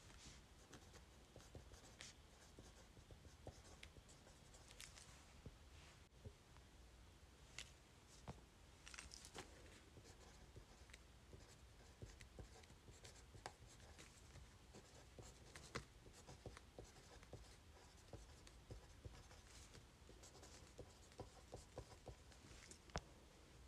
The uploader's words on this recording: ASMR Writing Letters on Paper.